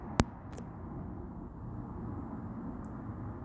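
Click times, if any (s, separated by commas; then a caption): 0.2 s. A charging cable from a portable power bank is plugged into a phone's charging port so the phone can charge during filming. A sharp click at 0.2 s marks the plug seating, followed by a fainter tick at about 0.6 s over a steady low background rumble. The cable is seated in the phone.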